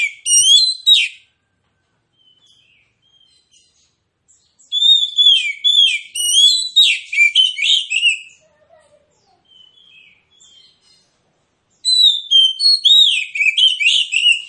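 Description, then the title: Magpie-robin song in three energetic bursts of sweet, varied whistles and quick chattering notes, separated by short quiet gaps with a few soft notes. Persistent, full 'tembakan' (rapid-fire) song, presented as making other magpie-robins fight. "Kacer Langsung Tarung Konslet KACER NGOTOT FULL TEMBAKAN. Kicau Kacer"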